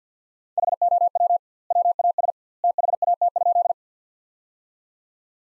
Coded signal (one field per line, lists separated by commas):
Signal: Morse code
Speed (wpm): 45 wpm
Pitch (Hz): 700 Hz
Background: none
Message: HOW WAS THAT?